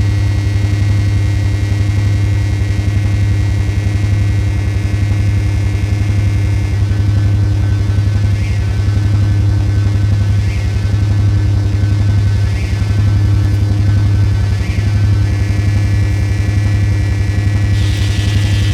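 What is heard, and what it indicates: Simulated tinnitus: a steady, continuous low-pitched hum with faint, constant higher tones layered over it.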